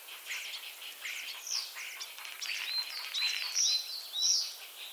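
Common starling calls, a mix of chatter and thin upslurred whistles that grow louder in the later half, over a steady hiss of background noise.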